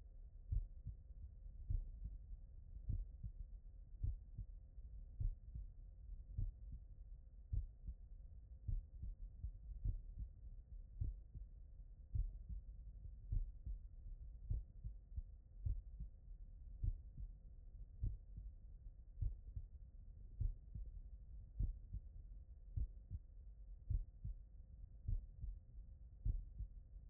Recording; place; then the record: heart sounds by stethoscope; tricuspid valve (TV)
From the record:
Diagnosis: non-HFrEF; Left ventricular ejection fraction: 59%